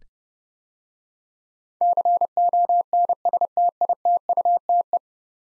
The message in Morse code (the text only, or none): CONSTITUTE